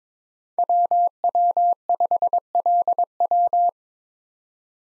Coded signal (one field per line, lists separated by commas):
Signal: Morse code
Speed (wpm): 22 wpm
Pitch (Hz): 700 Hz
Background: none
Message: WW5LW